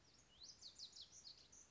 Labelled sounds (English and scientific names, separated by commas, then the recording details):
Lazuli Bunting (Passerina amoena)
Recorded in Sonoma County, California